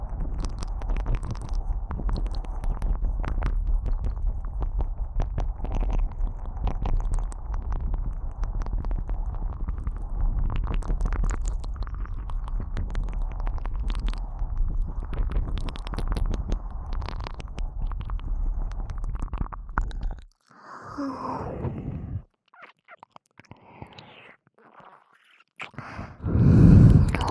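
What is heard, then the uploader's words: Ear eating sounds: for about twenty seconds a dense, steady stream of wet, crackling mouth noise with rapid clicks and a low rumble underneath. After that it turns sparse, with a few separate squelching bursts, quiet gaps, and a louder smack near the end. ASMR Sleepy Ear Eating Time.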